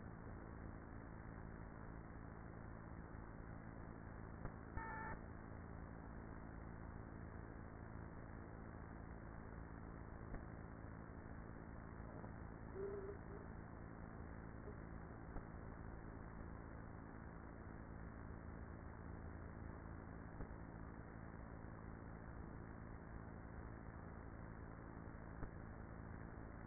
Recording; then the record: honeybee colony, microphone inside the hive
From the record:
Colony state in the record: queenless with a low population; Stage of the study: after two queens were removed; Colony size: about 30,000 bees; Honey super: no